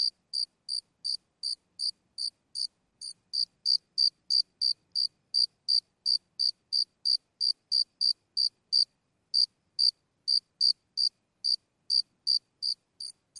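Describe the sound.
Cricket song of steady, bright, high chirps, close to three per second, keeping an even rhythm apart from one short pause partway through.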